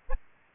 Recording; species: mosquito wingbeat signal from an infrared sensor; Aedes albopictus